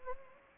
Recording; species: mosquito wingbeat signal from an infrared sensor; Anopheles gambiae